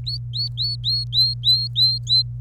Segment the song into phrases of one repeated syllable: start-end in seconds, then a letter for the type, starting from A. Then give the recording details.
0.06-2.23 A. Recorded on 26 April 2018 at 15:44. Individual llb3